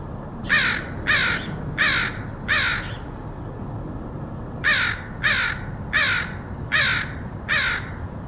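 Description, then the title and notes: Crow cawing in bursts: four harsh caws, a short silence, then five more at a steady pace. Crows recorded by Dan Bodah in Portland, Oregon, in August 2003. "Dronecast: Crows of Portland. Crows recorded by Dan Bodah in Portland, OR, August 2003"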